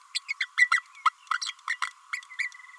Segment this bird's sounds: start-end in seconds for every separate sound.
0.14-0.20, 0.28-0.33, 0.40-0.48, 0.57-0.70, 1.05-1.09, 1.41-1.53, 1.67-1.78, 1.82-1.91, 2.12-2.21, 2.38-2.51